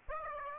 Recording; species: mosquito wingbeat signal from an infrared sensor; Aedes aegypti